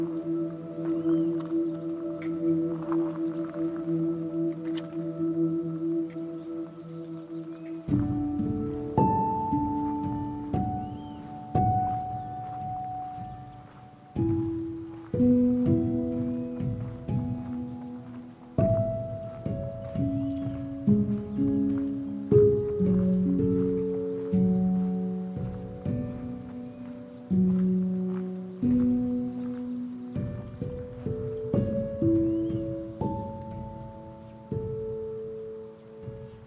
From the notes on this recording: Patagonia Lake State Park in SE Arizona